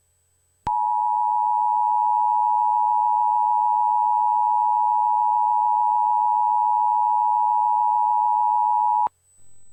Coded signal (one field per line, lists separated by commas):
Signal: Emergency Alert System (SAME) tones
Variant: 853 and 960 Hz attention tone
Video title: EAS Scenario: Angels [Part 1]